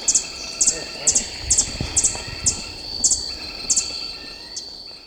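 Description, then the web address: Ecuadorian piedtail giving thin, very high chips, repeated at roughly two per second, over steady insect buzzing. "Birds of Ecuador. Ecuadorian Piedtail"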